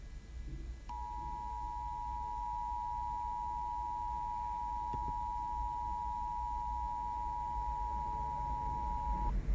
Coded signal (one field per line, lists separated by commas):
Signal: Emergency Alert System (SAME) tones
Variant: 853 and 960 Hz attention tone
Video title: EAS Scenario | Five Nights At Freddy’s 2861